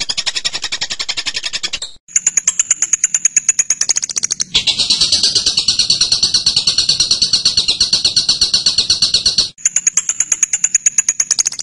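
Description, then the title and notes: Bird song alternating between runs of sharp, very high chips and stretches of lower, fuller repeated notes, kept up at a brisk pace with short gaps. Masteran training material for birds to learn calls. "MASTERAN BURUNG. suarane manok"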